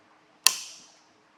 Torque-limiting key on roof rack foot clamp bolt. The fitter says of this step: so we're going to get a good loud audible click when it's tightened down completely.